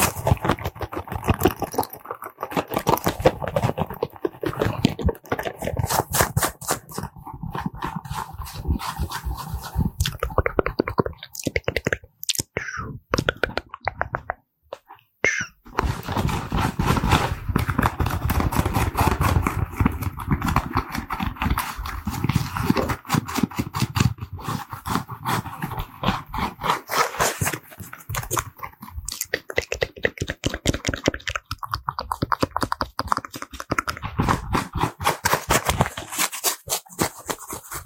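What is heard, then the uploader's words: Fast, aggressive ASMR with mouth sounds: dense, rapid clicks and taps run almost without pause, crisp and bright with a heavier low thud in places. Around 14 to 15 seconds the sounds thin out briefly before the quick tapping resumes through the end. FAST AND AGGRESSIVE ASMR(with Mouth Sounds).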